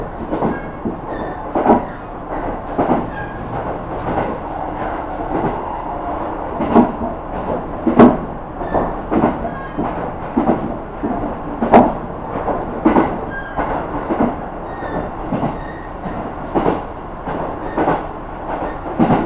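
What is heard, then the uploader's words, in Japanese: A ride inside a local train, with a steady low rumble and a rapid, fairly regular clatter of wheels over the rail joints. Two sharp clicks stand out, around eight and twelve seconds, over a constant mid-range hum from the carriage. 日田から久大本線の久留米行きに乗り換えます。キハ200+220の2両編成。既に学校帰りの学生でだいぶ席が埋まっていますがロングシート主体なので大丈夫でした。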